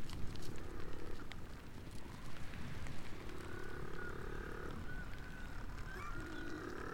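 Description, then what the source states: Little blue penguin calls: three drawn-out buzzy brays against steady low background noise. Little blue penguins, called fairy penguins in Australia, coming ashore at night in Victoria, Australia, walking along a trail to burrows in sand dunes past the recordist's boots; they return every evening.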